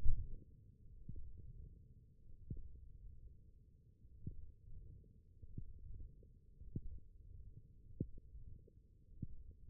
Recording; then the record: forearm muscle sounds (acoustic myography)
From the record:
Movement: wrist flexion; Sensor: system 1, eight BSWA MPA416 microphones around the upper forearm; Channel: 5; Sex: male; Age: 23 years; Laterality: right